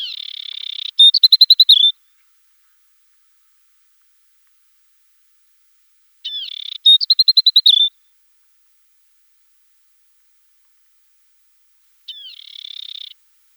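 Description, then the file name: Asian desert warbler calling: high buzzy churrs and quick runs of clipped, jingling notes, two phrases several seconds apart, then a short buzz near the end. "Slavka pustynnaja"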